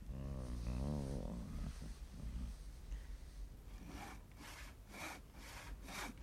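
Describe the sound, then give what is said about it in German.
A handsaw cuts through the first of four wooden posts holding up a stable building, worked by a man who has crawled beneath it, in steady, rhythmic rasping strokes, about five back-and-forth pulls, following a low droning groan at the start. “Er schlängelt sich wie ein Aal zum 1. Pfosten, setzt die Säge an.”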